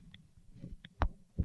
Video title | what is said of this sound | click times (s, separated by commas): Clipper Repair and Techniques (Retro Series) | There, it just popped into place. | 1.0 s